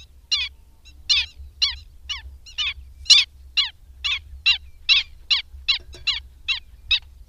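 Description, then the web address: Black-winged stilt giving harsh, slightly uneven yelping notes, roughly two to three per second, over a low background hum. "Madardalok Gólyatöcs"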